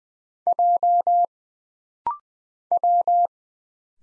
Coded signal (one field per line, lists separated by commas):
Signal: Morse code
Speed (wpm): 20 wpm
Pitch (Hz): 700 Hz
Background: none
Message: J W